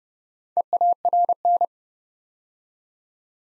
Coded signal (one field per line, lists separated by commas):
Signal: Morse code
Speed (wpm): 30 wpm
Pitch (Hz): 700 Hz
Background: none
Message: EARN